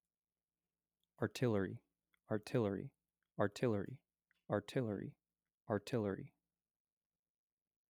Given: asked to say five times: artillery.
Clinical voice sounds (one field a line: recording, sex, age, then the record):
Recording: repeated word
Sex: male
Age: 20 to 29 years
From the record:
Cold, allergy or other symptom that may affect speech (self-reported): no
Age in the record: 23 years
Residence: Indiana, United States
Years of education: 16